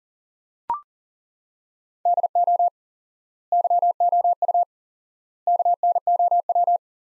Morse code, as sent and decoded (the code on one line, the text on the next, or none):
-.. --- / -.-- --- ..- / -.- -. --- .--
DO YOU KNOW